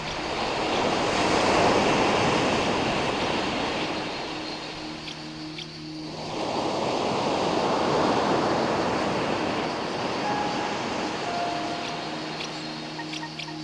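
Waves wash in a steady, dense roar that swells around two seconds, eases toward six, and builds again near eight. A low tonal hum sits under the surf from about four to six seconds and returns near the end, with a few brief high tones around ten to twelve seconds.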